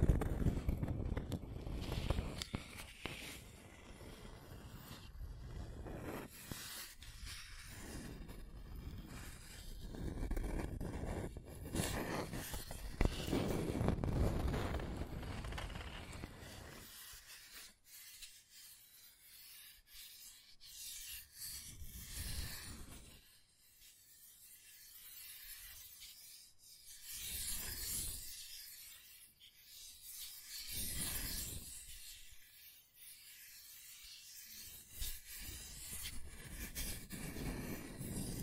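Scratching and tracing sounds, rough rubbing and rasping strokes that run dense and continuous through the first seventeen seconds, with a swell around thirteen seconds. After that the scratching comes in separate bursts, each a few seconds long, with thin quiet gaps between them.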